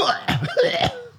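Two or three short, harsh bursts of coughing or throat clearing from an adult man in a small room. The cough has gone on nonstop for at least a week, tends to come on when he looks down to read, and has been better over the last two days.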